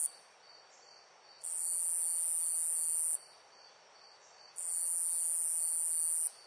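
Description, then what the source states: Insect chirps as sustained, piercing high buzzes lasting under two seconds, heard twice with a quieter gap between, over faint ambient hiss. Loud insect chirps in a nature ambience.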